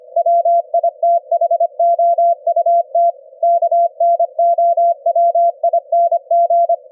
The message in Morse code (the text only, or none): WITHOUT KNOWING